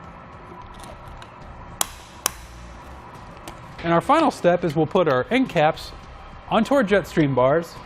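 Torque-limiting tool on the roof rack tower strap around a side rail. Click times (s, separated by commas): 1.8 s, 2.3 s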